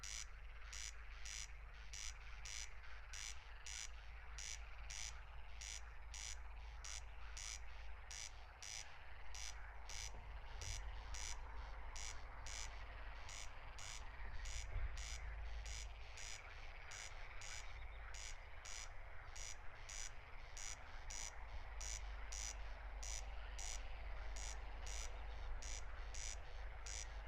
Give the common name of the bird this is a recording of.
Corn Crake